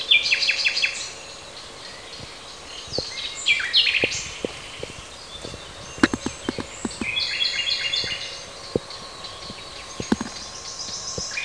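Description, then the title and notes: Common nightingale song: varied phrases of rapid repeated notes, trills and sharp whistles, with pauses between bursts; clicks and background noise also present. Recorded in a park in Parabiago in June 2003. "Usignolo al parco del Roccolo (giugno 2003)"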